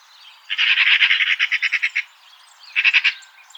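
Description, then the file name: Eurasian magpie uttering a loud, rasping rattle of rapid chak notes for about one and a half seconds, then a brief second burst. "Pica pica"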